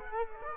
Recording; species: mosquito wingbeat signal from an infrared sensor; Culex quinquefasciatus